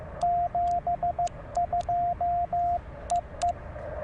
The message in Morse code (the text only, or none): 72 EE